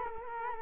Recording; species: mosquito wingbeat signal from an infrared sensor; Culex quinquefasciatus